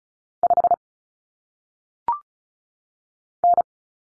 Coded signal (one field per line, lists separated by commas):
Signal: Morse code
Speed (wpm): 36 wpm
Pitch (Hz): 700 Hz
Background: none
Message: 5 N